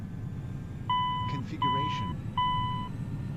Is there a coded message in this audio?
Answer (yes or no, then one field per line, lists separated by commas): no